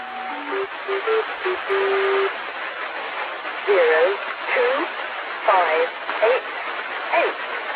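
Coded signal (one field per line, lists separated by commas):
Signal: numbers station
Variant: Lincolnshire Poacher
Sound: a few steady melody notes, then short evenly spaced spoken words over radio hiss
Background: radio static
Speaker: so this was a number station called the lincolnshire poacher always started out with this song called the lincolnshire poacher but after the song was over it would start reading off numbers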